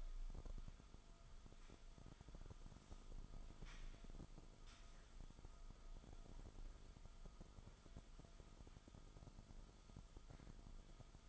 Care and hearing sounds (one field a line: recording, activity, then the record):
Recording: daily activity, microphone in the room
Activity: sweep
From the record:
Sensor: 5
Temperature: 24.0 degrees Celsius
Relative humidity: 36.6%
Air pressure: 1004.8 hPa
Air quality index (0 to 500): 95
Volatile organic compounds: 2 ppm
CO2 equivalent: 1146 ppm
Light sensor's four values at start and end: 34/80/32/31 and 34/80/32/31